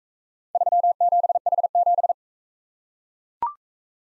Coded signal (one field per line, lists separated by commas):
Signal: Morse code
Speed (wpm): 41 wpm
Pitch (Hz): 700 Hz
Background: none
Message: 37H7